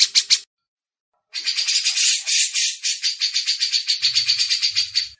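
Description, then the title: Grey-cheeked bulbul: a few harsh pulses, a brief silence, then a sustained run of rapid buzzy chattering notes. Masteran (tutor song for training songbirds). "MASTERAN CUCAK JENGGOT"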